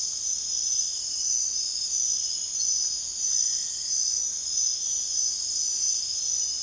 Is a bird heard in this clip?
no